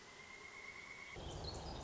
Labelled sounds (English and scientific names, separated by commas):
Pileated Woodpecker (Dryocopus pileatus)